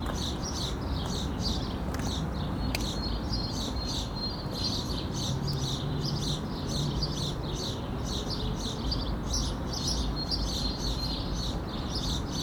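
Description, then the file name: House sparrows chirp steadily, a continuous chorus of short overlapping notes, with two sharp knocks early on and a low rumble underneath. "Passer domesticus"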